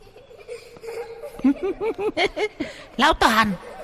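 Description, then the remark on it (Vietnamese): Eerie high-pitched children's laughter rings out in a quick string of bursts, a rhythmic series of giggles rising and falling, ending in two louder, shrill peals, the laughter chasing behind a running old man. “Ở đằng sau lưng của lão, lão càng chạy nhanh thì tiếng trẻ con cười đuổi theo đằng sau càng vang lên.”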